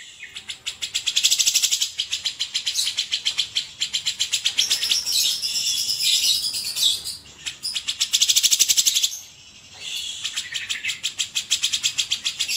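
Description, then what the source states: Grey-cheeked Bulbul song: fast, high chattering notes repeated about four per second in long bursts, with a brief pause near nine seconds before the chatter resumes. Masteran training song of cucak jenggot.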